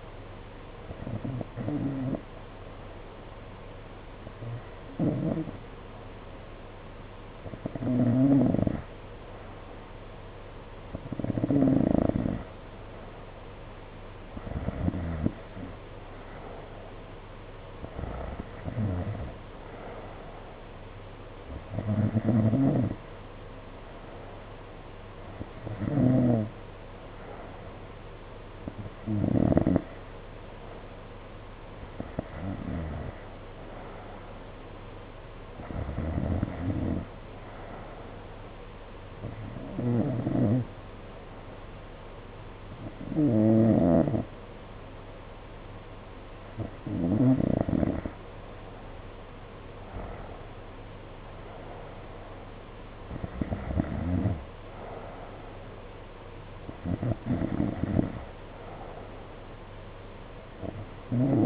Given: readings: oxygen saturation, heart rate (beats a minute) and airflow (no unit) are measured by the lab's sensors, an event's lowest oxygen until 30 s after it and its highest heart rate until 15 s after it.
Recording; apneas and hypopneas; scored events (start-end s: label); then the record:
breathing in sleep by a voice recorder at the bedside; 1
3.00-17.90 s: hypopnea (N2, oxygen 92% highest, then 89% lowest, heart rate 60 at the start, 62 highest)
From the record:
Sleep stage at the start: N2 (light sleep); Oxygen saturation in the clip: 86 to 92%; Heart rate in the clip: 55 to 62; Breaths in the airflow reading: 17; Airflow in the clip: -5.2 to 5.4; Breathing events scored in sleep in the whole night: 476 in 9.7 hours asleep